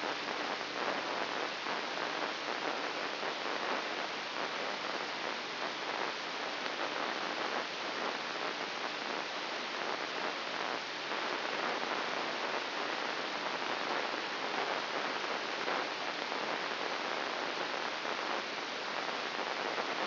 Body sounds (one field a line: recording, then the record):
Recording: brain microelectrode recording played as sound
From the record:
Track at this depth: inside the subthalamic nucleus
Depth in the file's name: 2.604 mm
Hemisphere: right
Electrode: 3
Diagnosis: Parkinson's disease